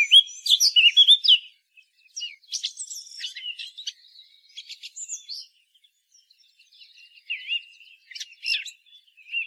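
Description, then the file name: Eurasian blackcap warbling in bursts: a loud chattering phrase at the start, then softer scattered twitters and thin whistles with gaps of near-silence. "Sylvia atricapilla"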